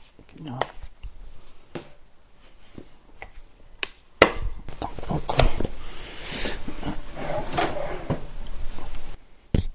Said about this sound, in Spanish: hostia, estoy escuchando cajones. Alguien está mirando.